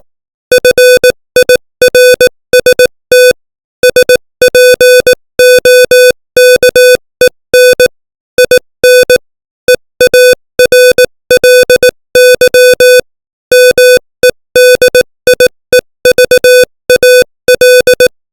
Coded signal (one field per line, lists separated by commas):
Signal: Morse code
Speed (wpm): 18 wpm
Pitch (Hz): 500 Hz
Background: music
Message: FIRST SPOKEN IN EARLY MEDIEVAL